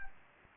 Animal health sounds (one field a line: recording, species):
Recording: mosquito wingbeat signal from an infrared sensor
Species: Anopheles gambiae